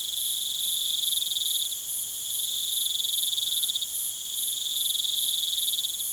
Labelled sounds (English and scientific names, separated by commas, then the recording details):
none
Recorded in pastures near Puerto Asís, Putumayo, Colombia, on 22 June 2025 at 19:30
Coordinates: 0.486, -76.323
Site H29